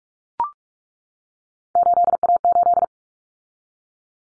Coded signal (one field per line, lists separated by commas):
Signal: Morse code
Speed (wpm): 44 wpm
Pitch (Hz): 700 Hz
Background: none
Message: 8A8